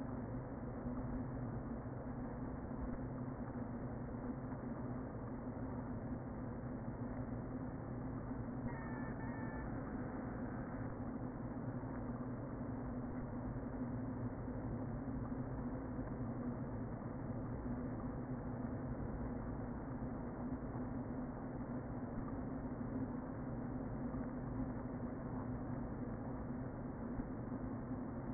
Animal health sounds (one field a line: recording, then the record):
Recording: honeybee colony, microphone inside the hive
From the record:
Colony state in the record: queen present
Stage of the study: before two queens were removed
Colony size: about 60,000 bees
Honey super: yes